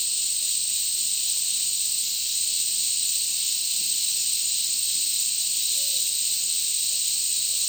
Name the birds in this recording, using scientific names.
none